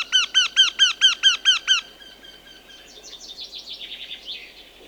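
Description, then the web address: Eurasian wryneck calls, a fast run of about eight loud nasal notes, followed by softer chattering in the background. "Wryneck"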